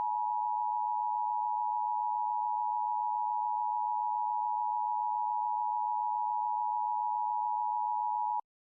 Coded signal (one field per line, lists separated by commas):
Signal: Emergency Alert System (SAME) tones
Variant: 853 and 960 Hz attention tone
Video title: EAS Tornado Watch and Tornado Warning with storm sirens 4-28-14 SCARY AS HELL!!!